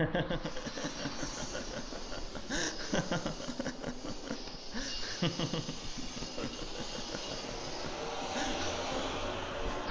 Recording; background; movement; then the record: laughter; traffic; walking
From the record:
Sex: male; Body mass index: 22.0 kg/m2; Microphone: on the chest, facing the body